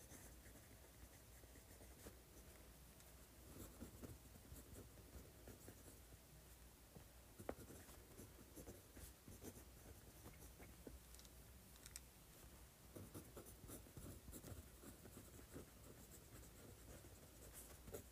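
A pen writes quickly, a dense run of scratchy strokes and short taps that keeps up for the full eighteen seconds without pausing. The scratching is bright and busy, with a sharper tick near the middle, over a steady low hum underneath.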